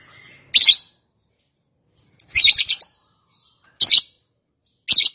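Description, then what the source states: Lovebird gives four short, harsh, high chirps, one a broken stuttered note, spaced irregularly. Song style named "konslet".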